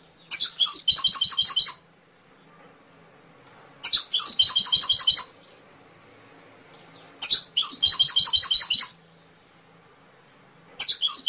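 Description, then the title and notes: Canary song in bursts about one and a half seconds long, rapid trilled high notes repeated, separated by roughly two seconds of silence, three full phrases heard. Masteran recording of canary song, used for training songbirds to sing. "PANCINGAN SUARA MASTERAN KENARI BIKIN BURUNG MAKIN MENGGILA. masteran kicau kenari"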